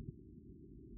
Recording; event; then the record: neck accelerometer signal played as sound; no cough (speech, laughter, throat clearing or background)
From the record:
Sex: male